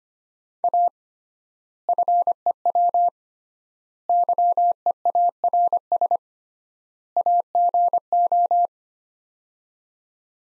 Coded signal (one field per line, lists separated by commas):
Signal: Morse code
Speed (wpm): 25 wpm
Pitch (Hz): 700 Hz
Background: none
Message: A FEW YEARS AGO